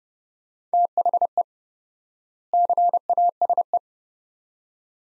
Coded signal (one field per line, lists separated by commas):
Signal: Morse code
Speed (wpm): 30 wpm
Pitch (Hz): 700 Hz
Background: none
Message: THE CASE